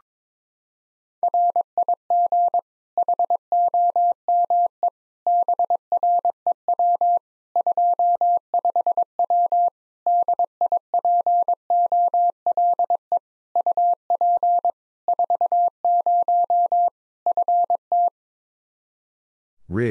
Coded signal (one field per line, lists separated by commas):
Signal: Morse code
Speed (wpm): 21 wpm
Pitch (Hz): 700 Hz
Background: none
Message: RIG HOME BREW 25W DIPOLE UP 40 FT